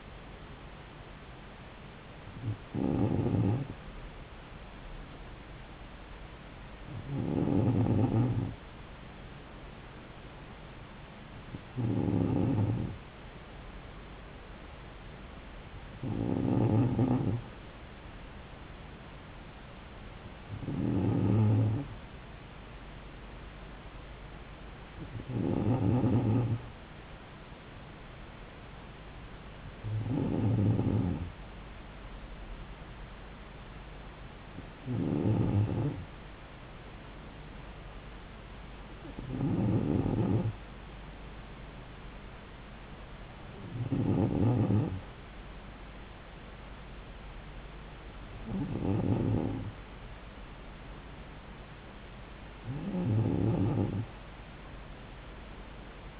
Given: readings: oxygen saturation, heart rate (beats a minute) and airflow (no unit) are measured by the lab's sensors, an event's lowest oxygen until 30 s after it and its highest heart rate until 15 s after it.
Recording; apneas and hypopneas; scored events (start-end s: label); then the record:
breathing in sleep by a voice recorder at the bedside; none
none scored
From the record:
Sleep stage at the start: N2 (light sleep); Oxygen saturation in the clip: 94%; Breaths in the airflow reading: 12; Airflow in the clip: -3.2 to 3.2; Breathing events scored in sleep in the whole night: 270 in 6.1 hours asleep